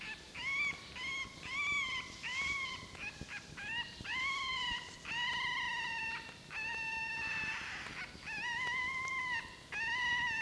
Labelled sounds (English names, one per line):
Red Fox